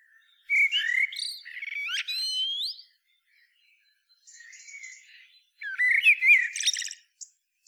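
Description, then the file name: Eurasian blackbird singing a rich warbled phrase with slurred notes, then a quieter mumbled passage, then another loud phrase ending in a high, scratchy twitter. "Turdus merula"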